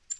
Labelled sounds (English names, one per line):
Black-throated Green Warbler flight call